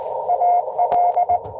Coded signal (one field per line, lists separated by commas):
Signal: Morse code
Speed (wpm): 24 wpm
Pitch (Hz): 690 Hz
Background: none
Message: AL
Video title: N2AKJ is live! Doing pota at us-2114 #pota #cw #licw